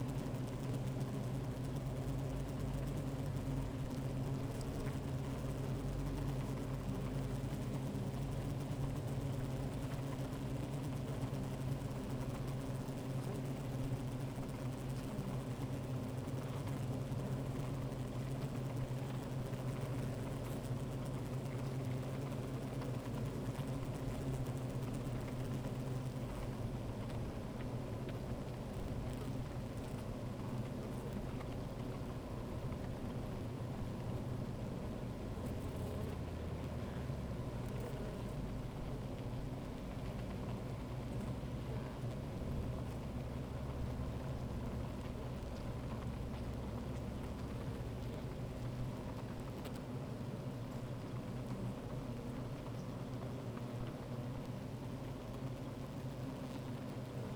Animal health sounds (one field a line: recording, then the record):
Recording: honeybee colony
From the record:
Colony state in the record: active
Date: 28 July 2017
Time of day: 13:44